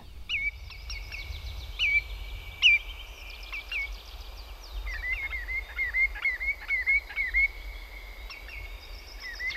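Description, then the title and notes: Common Greenshank calls: scattered loud whistled notes first, then a quick even series of softer repeated whistles, over steady background noise. "Valkoviklo. Pertti Koskimies"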